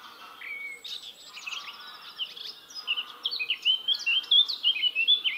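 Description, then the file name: Eurasian blackcap warbling: a quick, scratchy run of varied chirps and twitters that grows louder and more fluty after three seconds, with a faint steady hum underneath. "Sylvia atricapilla"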